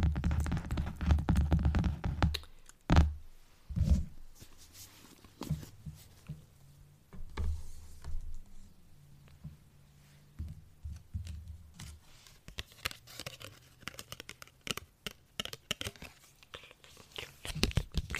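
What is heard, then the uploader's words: Soft unintelligible whispers mix with wet mouth sounds and light tapping. Low murmuring breath fills the first few seconds, then sharp isolated clicks land around three and four seconds, and quick dense ticks and crinkly taps cluster through the last several seconds. There are quite a bit of mouth sounds, and I also added in random triggers I’ve been wanting to try out.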